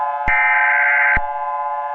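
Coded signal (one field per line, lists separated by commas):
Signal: Emergency Alert System (SAME) tones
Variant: header bursts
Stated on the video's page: Fictional EAS scenario, self-made, not a real alert.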